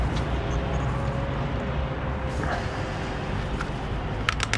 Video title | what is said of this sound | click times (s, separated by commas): Valet Pro Bilberry Wheel Cleaner / Jant Temizleyici(Saf Halde Kullanım) | Tetiğe hızlı basarsanız çıt diye gidiveriyor zaten. Bir bakalım. | 4.3 s